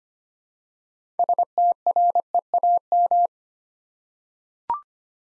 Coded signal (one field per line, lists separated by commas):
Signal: Morse code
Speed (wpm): 25 wpm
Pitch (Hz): 700 Hz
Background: none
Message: STREAM